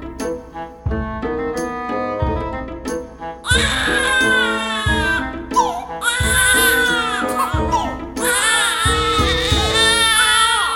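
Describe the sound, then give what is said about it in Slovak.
After a few seconds of plucked, tuneful notes, babies break into loud, wavering high-pitched wails that rise and fall in overlapping bursts, continuing over the steady tones beneath. “Plač bábetok síce občas znie ako hudba, ale nemal by trvať pridlho.”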